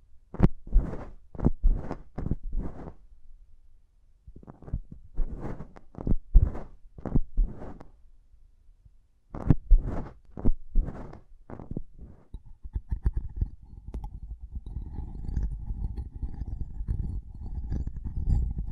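Quick bursts of mic tapping come in clusters with short silent gaps, then give way after twelve seconds to steady, low, rumbling scratching.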